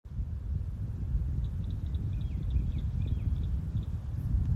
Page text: Maryland Biodiversity. Eastern Cricket Frog ( Acris crepitans )